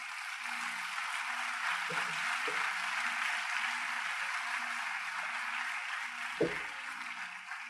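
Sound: audience applause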